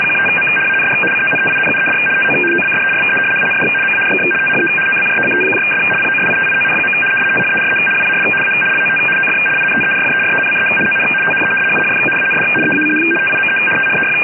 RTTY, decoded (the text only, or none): 15M AND CONTINUED TO OBSERVE AND MARK THE OBJECTS POSITION. THERE WAS A LOT OF INTERFERENCE ON THE UHF AND EACH TIME THEY